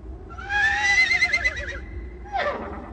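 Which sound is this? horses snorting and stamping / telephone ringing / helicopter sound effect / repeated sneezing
horses snorting and stamping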